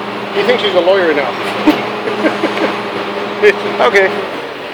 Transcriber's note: laughs mockingly